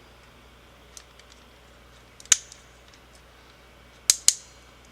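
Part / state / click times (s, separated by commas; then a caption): folding leg panels on a transforming toy figure / seated / 2.3 s, 4.1 s, 4.3 s. Plastic fold-down panels on the legs of a transforming robot toy are pushed down until they click into position. After a few faint ticks, sharp plastic clicks sound at 2.3, 4.1 and 4.3 seconds, and the panels are seated.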